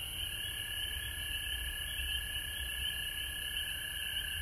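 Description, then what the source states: Frog chorus of continuous overlapping trills with a lower steady drone, plus a faint low rumble in the background. Recorded at home in Georgia on March 19, 2020.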